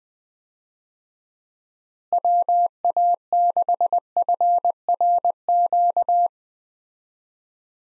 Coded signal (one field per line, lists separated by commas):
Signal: Morse code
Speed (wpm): 20 wpm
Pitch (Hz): 700 Hz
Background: none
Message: WA6FRQ